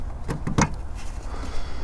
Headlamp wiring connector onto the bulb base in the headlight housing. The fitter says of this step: hear the click it's locked back in the job is done